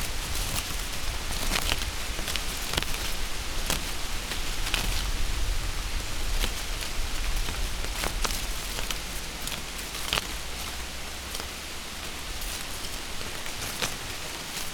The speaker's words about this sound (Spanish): Necesito que todos cojáis montones de hojas. Sonido de hojas chocando entre sí.